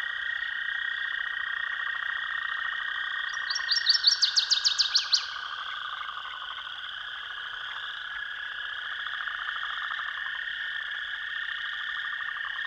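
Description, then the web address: Northern waterthrush song, a single vigorous run of repeated sweet notes falling and accelerating at the close, then only a steady droning background for several seconds. "Dan Gibson's Solitudes Songbirds Northern Waterthrush"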